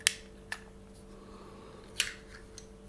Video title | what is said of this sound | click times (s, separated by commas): Tech-tip: WE/TM Glock series GBB full resassembly guide - Frame | doesn't interfere and it should click into place like so | 0.1 s